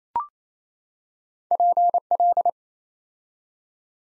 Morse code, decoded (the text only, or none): PL